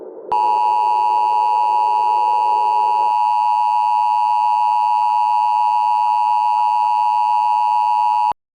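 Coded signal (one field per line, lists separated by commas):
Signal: Emergency Alert System (SAME) tones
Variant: 853 and 960 Hz attention tone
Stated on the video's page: The SAME tones are part of a fictional EAS scenario, a mock rather than a real alert.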